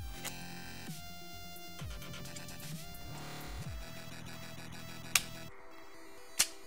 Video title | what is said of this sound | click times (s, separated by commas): HP ENVY 15" Maintenance (applies to any laptop) | You'll hear them click. | 5.2 s, 6.4 s